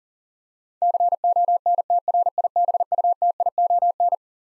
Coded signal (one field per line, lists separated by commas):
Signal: Morse code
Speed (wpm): 40 wpm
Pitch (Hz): 700 Hz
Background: none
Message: CONTRIBUTION